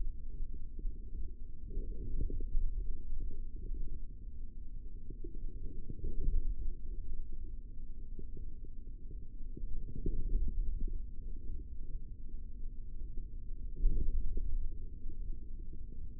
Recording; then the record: forearm muscle sounds (acoustic myography)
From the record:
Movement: forearm supination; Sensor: system 3, bracelet of six PUI Audio POM-2738L microphones around the upper forearm, with dedicated amplification and filtering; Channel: 5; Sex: male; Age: 23 years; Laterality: right